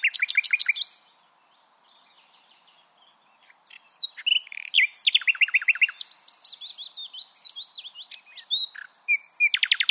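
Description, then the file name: Common nightingale singing: a fast stuttering series of sharp notes, a pause of nearly three seconds, then rich varied phrases of trills, slurred whistles and rapid repeated clicks. "Luscinia megarhynchos"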